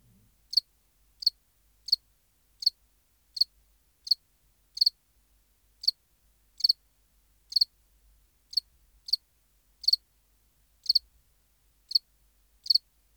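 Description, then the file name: House cricket repeating short high chirps in a long run, at slightly uneven intervals. "Acheta domesticus"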